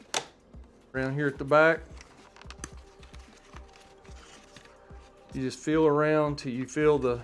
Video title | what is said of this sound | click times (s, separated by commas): 2016 F150 Sync 3 Upgrade (OEM System Kept) 12" CARABC Screen. Must Watch!!! | face plate till it clicks in. | 0.2 s